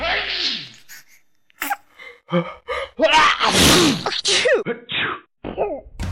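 A run of sneezes, each set up by a sharp gasping inhale and ending in an explosive, breathy burst, some with a voiced, groaning edge, coming in quick irregular succession.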